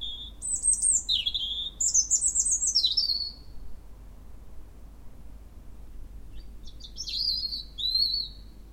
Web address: Spev Vtakov cervienka